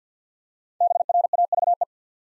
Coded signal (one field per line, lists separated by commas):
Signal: Morse code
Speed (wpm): 48 wpm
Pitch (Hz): 700 Hz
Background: none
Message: BRAVE